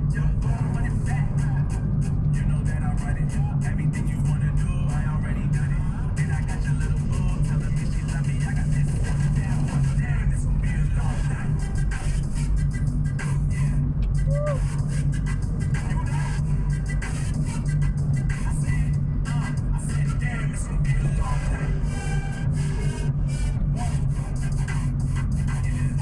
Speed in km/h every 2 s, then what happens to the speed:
48, 48, 45, 44, 43, 43, 43, 44, 44, 43, 42, 41, 40.
0-26 steady at about 43.